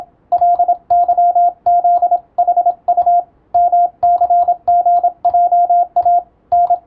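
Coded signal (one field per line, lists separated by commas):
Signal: Morse code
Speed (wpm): 27 wpm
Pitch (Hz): 700 Hz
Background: radio noise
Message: LYZHU MCGJA N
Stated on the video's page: Morse receiving practice using European-language telegram practice text, as in radiotelegraph operator training.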